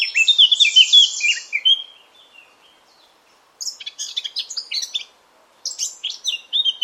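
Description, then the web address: Eurasian blackcap song: a rich warbled phrase at the start, then after a pause two shorter bursts of chattering, scratchy high notes. "cianscape birddata Deverinetal 2025"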